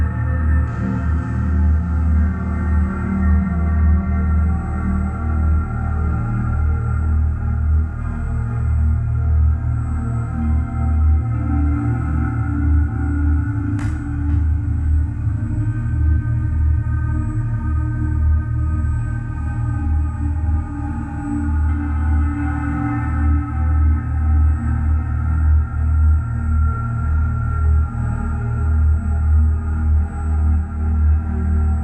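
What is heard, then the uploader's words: A steady ambient drone from a guitar, tuned to 432Hz and sounding the E flat frequency, holds for the whole stretch with no pauses. Deep low tones throb gently under a ringing, sustained layer. A brief bright click cuts through around fourteen seconds. Throughout the sound bath, you will be surrounded by the soothing and grounding sounds of ambient drone guitar tuned to 432Hz and sounding the E flat frequency.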